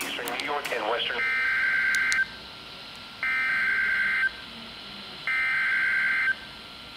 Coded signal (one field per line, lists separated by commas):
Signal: Emergency Alert System (SAME) tones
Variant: header bursts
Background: speech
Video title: SURPRISE CYCLONE... EAS Alerts from 10/16-17/19 (EAS 2131-2145)